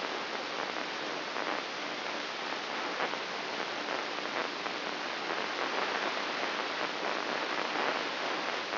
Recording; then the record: brain microelectrode recording played as sound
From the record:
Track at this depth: outside the subthalamic nucleus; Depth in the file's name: 7.26 mm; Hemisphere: left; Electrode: 3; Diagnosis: Parkinson's disease